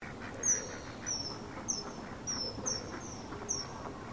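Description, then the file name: Common kingfisher calls: sharp, shrill whistled notes, each falling slightly, given about every half second to second against a constant broad hiss. "kawasemi"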